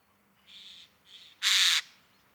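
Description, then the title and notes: Eurasian jay with two softer hissing rasps followed by one louder, harsh screech. October 2019; northern European population arriving across the country for two months, due to poor oak fruiting in Scandinavia and likely good breeding; many birds; ambience of various calls. "sonothèque Fernand DEROUSSEN. Geai des chênes (Garrulus glandarius)"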